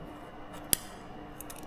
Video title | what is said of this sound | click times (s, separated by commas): Can We Revive This 1958 Ford Fairlane Bought At An Auction Without Seeing It First? | there you heard that click | 0.7 s